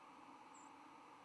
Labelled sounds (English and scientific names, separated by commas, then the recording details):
White-throated Sparrow (Zonotrichia albicollis) flight call
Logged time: 09:21 on 10 November 2014